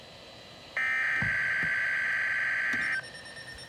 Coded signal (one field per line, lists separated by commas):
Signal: Emergency Alert System (SAME) tones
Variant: header bursts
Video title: Tests before the Terror July 31 EAS 305 to 316